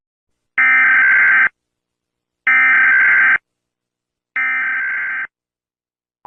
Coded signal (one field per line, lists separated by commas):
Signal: Emergency Alert System (SAME) tones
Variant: header bursts